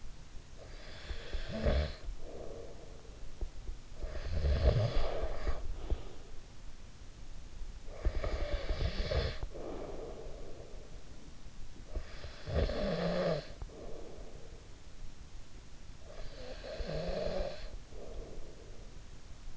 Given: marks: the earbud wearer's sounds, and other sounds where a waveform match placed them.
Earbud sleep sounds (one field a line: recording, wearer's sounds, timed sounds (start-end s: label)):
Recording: sounds in sleep by an in-ear microphone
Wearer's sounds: snoring breath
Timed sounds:
1.00-14.72 s: snoring breath
15.41-19.57 s: snoring breath